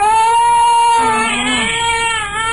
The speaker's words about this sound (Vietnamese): Hai đứa nói chuyện tới đó, bỗng nghe trong căn phố cập rằng hơn, có tiếng con nít nhỏ khóc té lên. Rồi lại tiếng đứa lớn la khóc vang dậy.